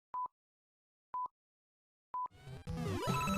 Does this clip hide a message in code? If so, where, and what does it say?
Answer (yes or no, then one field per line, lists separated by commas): no